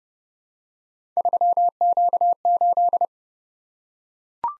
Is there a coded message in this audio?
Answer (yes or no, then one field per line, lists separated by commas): yes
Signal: Morse code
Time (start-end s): 1.2-3.1 s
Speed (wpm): 30 wpm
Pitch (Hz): 700 Hz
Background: none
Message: 3Q8